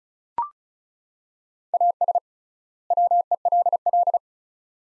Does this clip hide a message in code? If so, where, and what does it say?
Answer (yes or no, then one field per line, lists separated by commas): yes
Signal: Morse code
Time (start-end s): 1.7-4.2 s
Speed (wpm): 36 wpm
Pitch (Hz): 700 Hz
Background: none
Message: AS WELL